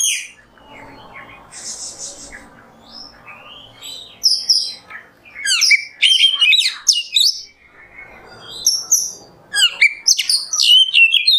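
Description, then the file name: Oriental magpie-robin: soft scratchy notes at first, then loud bursts of sharp whistles and chattering trills. Indonesian masteran (tutor recording for training kept birds), song in the 'nembak' style. "Masteran Kacer Nembak"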